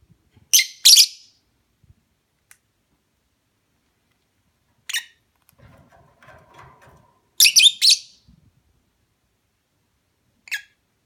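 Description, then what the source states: Lovebird producing loud, piercing squawks, some in quick doubled bursts, with a few soft rustling sounds between calls. Mating call.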